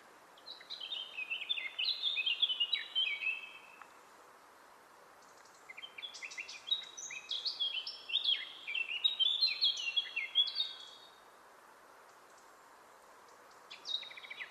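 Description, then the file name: Eurasian blackcap song: two long, fast warbling phrases of varied high chirps and whistles, each lasting several seconds, separated by a short pause, with a third phrase beginning at the end. "Sylvia atricapilla"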